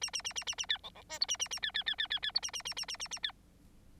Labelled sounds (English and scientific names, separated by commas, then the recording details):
Bengalese Finch (Lonchura striata domestica) song
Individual Bird9